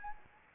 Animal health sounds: mosquito wingbeat signal from an infrared sensor; Anopheles arabiensis

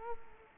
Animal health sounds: mosquito wingbeat signal from an infrared sensor; Culex quinquefasciatus

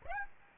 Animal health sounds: mosquito wingbeat signal from an infrared sensor; Aedes aegypti

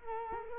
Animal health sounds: mosquito wingbeat signal from an infrared sensor; Culex quinquefasciatus

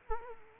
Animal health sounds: mosquito wingbeat signal from an infrared sensor; Culex quinquefasciatus

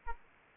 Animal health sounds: mosquito wingbeat signal from an infrared sensor; Aedes aegypti

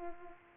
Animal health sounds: mosquito wingbeat signal from an infrared sensor; Culex pipiens

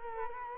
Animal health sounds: mosquito wingbeat signal from an infrared sensor; Culex quinquefasciatus

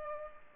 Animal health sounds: mosquito wingbeat signal from an infrared sensor; Culex pipiens

